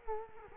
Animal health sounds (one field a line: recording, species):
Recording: mosquito wingbeat signal from an infrared sensor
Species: Culex quinquefasciatus